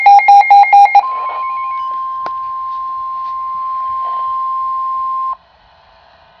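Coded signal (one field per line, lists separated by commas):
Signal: Emergency Alert System (SAME) tones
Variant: 1050 Hz attention tone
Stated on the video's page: Blizzard Warning issued by the National Weather Service.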